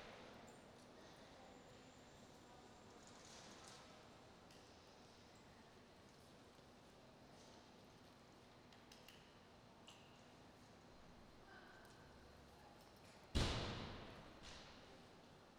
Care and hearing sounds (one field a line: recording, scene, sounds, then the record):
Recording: everyday scene through a hearing-aid microphone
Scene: reverberant space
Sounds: background noise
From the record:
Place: railway station hall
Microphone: in the ear canal, right